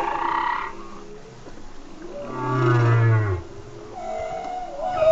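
Whale song with wavering harmonic tones, then a long deep moan that swells and cuts off, and a higher whistled tone near the end.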